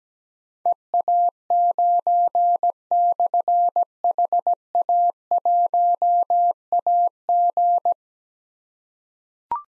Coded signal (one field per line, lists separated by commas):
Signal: Morse code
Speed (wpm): 17 wpm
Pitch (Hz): 700 Hz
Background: none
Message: EA9/HA1AG